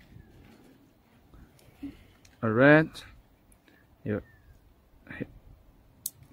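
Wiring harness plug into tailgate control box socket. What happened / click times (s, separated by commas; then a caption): The wiring connector clicked into its socket / 6.1 s. A plastic wiring harness plug is pushed into its socket on the tailgate control box during an auto electric tailgate installation on a Toyota Land Cruiser 300 (LC300 GX, GXL, GXR). Someone talks, then a sharp click is heard at 6.1 s as the plug seats fully in the socket.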